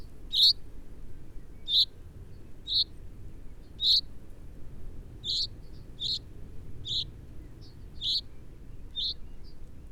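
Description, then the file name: Common chaffinch calls: loud, short metallic 'pink' notes given at irregular intervals of one to two seconds, with quieter extra notes between. "Fringilla coelebs"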